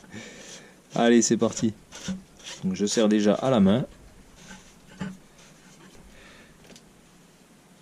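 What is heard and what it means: Someone talks while hand-threading the oil filter housing cap (bell), with its lubricated O-ring, back onto the oil filter housing of a 106's TU engine during an oil change; soft rubbing and scraping follows, with a faint tap at 6.8 s. Nothing has seated or clicked yet; the cap is only hand-tight and is to be torqued to 25 Nm with a torque wrench afterwards.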